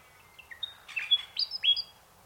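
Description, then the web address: Bird song of clear whistled notes, a few soft notes then louder high whistles, over a quiet background. Unidentified bird in mangroves. "Sound Effects-Foundation 1 BIRD UNKNOWN MAGROVES 05 SEQUENCE 01"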